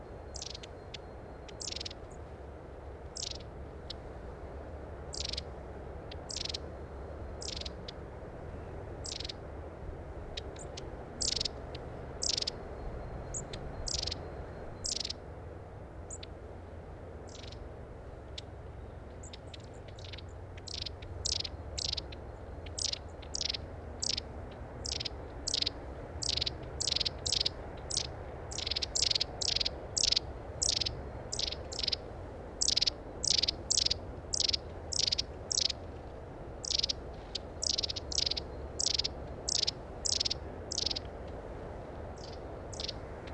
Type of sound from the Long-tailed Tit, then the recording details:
song. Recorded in the wild. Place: Hilden, Nordrhein-Westfalen, DE. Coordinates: 51.19, 7.2. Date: 1995-04-08. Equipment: Sony WM-D6C. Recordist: Skiba, Reinald